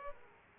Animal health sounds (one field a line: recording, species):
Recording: mosquito wingbeat signal from an infrared sensor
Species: Aedes aegypti